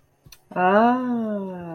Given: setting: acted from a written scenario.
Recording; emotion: vocal sound without words; awe